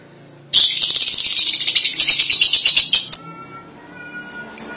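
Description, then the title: Lovebird chatter: a sustained buzzy, rattling run of fast high notes for over two seconds, ending with a few thin chirps. "Suara Burung Lovebird"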